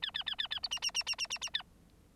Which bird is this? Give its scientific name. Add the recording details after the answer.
Lonchura striata domestica. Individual Bird9